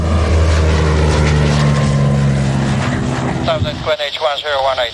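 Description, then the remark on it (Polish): A drone flying overhead buzzes with its propellers in a steady, low droning hum for several seconds, then a voice starts speaking over the fading whir near the end. “Po co te maszyny mają nad nami fruwać?”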